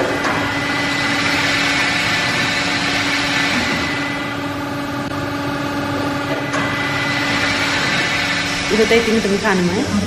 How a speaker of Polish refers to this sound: No i jeszcze ta maszyna do tłoczenia oliwy. Spory hałas.